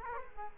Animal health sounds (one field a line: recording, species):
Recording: mosquito wingbeat signal from an infrared sensor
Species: Culex quinquefasciatus